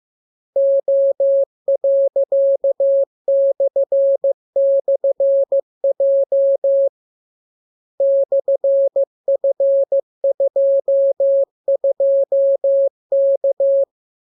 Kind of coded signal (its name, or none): Morse code